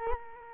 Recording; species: mosquito wingbeat signal from an infrared sensor; Culex quinquefasciatus